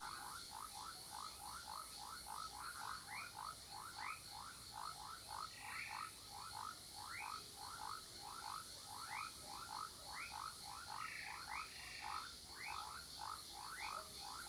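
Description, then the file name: Toads calling in a steady chorus of short rising notes repeated rapidly, over a constant high cicada drone. Several toads in a marsh in the morning, with cicadas in the background. "Sapos brejao de manha com cigarras, passaros e transito longe"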